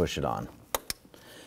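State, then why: Seated. Someone talks while an electrical connector is pushed onto an ignition coil on a 2005-2021 Nissan Frontier 4.0L V6. Two sharp clicks are heard at 0.8 s and 0.9 s, followed by a faint tick. The connector clicks into place and is seated.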